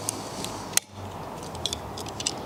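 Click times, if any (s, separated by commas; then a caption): none. A plastic trim cover is handled at the joint of a new windscreen wiper blade and arm on a BMW E90 3 Series, with short, sharp ticks at about 0.1, 0.8, 1.7 and 2.3 seconds over a low steady hum. The trim piece has not snapped in place yet, and nothing has seated or clicked home by the end of the clip.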